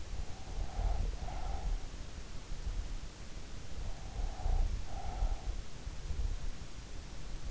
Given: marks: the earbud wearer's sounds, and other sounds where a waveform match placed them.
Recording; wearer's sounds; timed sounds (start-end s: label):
sounds in sleep by an in-ear microphone; breath
0.32-2.13 s: breath
3.68-5.72 s: breath